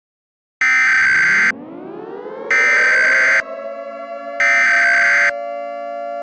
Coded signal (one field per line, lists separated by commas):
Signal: Emergency Alert System (SAME) tones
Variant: header bursts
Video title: THE FIREBALL (EAS SCENARIO)